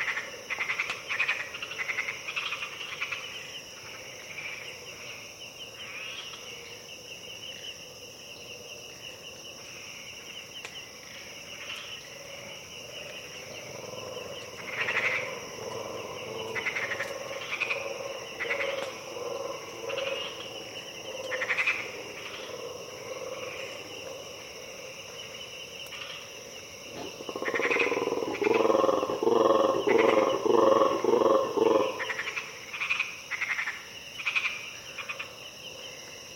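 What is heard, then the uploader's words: A steady insect chorus at dawn hums and shrills throughout, with scattered frog calls. A low, rhythmic pulsing rises around 14–22 seconds, then a louder, rapid throaty burst of colobus calls rattles from about 27 to 32 seconds before fading. Harenna Forest - Dawn - Colobus Monkeys And Frogs. Early at dawn, deep in the Harenna Forest. Colobus monkeys wake up and utter their terrifying territorial calls with a lush insect chorus background punctuated by frogs.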